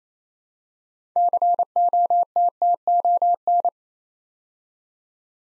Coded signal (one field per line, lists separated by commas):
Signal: Morse code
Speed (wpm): 29 wpm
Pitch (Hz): 700 Hz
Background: none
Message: COTTON